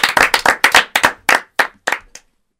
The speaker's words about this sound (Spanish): Así que chicos, muchas gracias por venir. Gracias a ustedes. Gracias. A ustedes. Un aplauso.